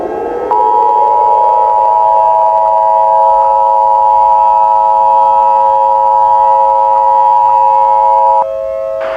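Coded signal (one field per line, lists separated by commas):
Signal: Emergency Alert System (SAME) tones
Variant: 853 and 960 Hz attention tone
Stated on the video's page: Fictional EAS scenario alert.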